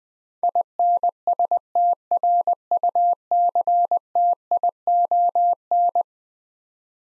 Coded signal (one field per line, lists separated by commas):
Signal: Morse code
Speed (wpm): 20 wpm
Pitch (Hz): 700 Hz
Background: none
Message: INSTRUCTION